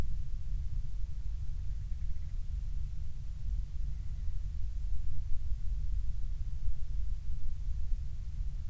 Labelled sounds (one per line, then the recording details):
grouse or ptarmigan
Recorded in the Prudhoe Bay oil fields, Alaska, on 12 July 2019 at 02:45
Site 16